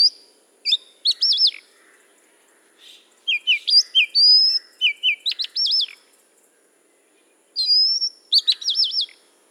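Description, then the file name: Oriental magpie-robin song: varied, melodious whistles with looping trills, short repeated notes and sliding slurs, given in phrases broken by brief silent gaps. Recorded at Udahamulla on 1 May 2005. "Magpie-robin Udahamulla 01 May 2005"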